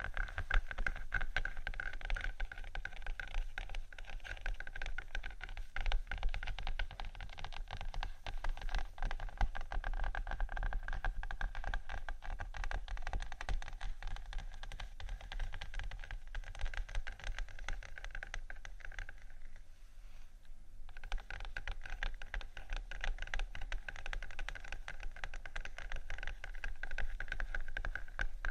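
Gentle scratching and tapping on faux leather, a dense, continuous patter of soft clicks and rubbing with no pauses. The texture stays fairly even throughout, with a low rumble underneath, and briefly thins and quiets around twenty seconds before resuming.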